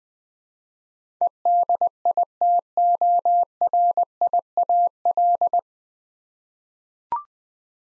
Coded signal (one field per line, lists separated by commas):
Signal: Morse code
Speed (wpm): 20 wpm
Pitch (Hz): 700 Hz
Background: none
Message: EDITORIAL